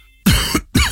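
Two harsh adult coughs, acted, portraying a cough that won't go away in someone who smokes or has smoked. Such a cough can be a sign of lung cancer, especially with wheezing, chest pain or difficulty breathing, and calls for seeing a doctor.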